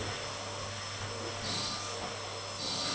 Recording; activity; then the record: daily activity, microphone in the room; vacuum cleaning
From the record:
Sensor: 4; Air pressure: 989.5 hPa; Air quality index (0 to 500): 216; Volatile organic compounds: 67 ppm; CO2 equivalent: 3493 ppm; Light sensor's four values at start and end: 25/90/33/35 and 26/90/33/35